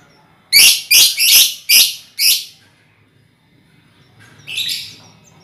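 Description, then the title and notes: Lovebird giving five loud harsh screechy notes in quick succession, then a pause and one softer screech. Ngekek song, used as a lure song (kicau pancingan). "Master Kicau Lovebird ngekek, kicau pancingan"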